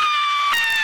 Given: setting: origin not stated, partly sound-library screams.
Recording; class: one-second piece from a danger detection set; woman in danger